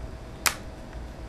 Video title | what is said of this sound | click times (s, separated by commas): AllenPCs.com NextBook NX008HD8G broken glass (digitizer) FIXED! | just kind of slowly work around it till you hear everything lock into place | 0.5 s